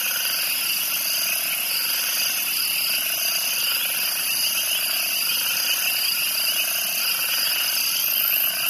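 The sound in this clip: Cricket chorus, a continuous shrill layered trilling with gently pulsing high bands and no pauses.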